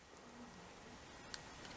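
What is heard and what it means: A microSD memory card is pressed back into the card slot of an action camera. Over a low, steady background, a sharp click at 1.3 seconds marks the card latching into place, followed by a fainter tick at 1.6 seconds. The card is seated.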